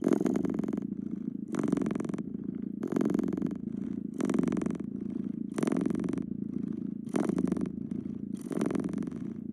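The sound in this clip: Domestic cat purring in a constant low rumble, with louder breathy pulses recurring about every one and a half seconds.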